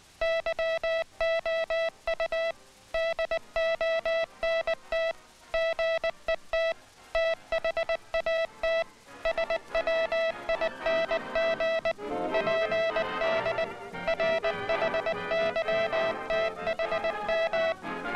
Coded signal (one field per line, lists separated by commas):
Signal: Morse code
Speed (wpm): 20 wpm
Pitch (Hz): 660 Hz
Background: music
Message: YOU DONT GET THAT SWING PD RHYTHM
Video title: INTERNATIONAL MORSE CODE, HAND SENDING